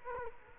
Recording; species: mosquito wingbeat signal from an infrared sensor; Culex quinquefasciatus